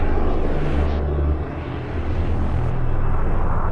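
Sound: military aircraft flying overhead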